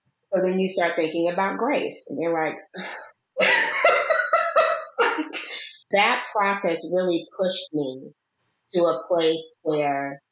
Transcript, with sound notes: And then you start thinking about grace. And you’re like…. [laughs] That process really pushed me to a place where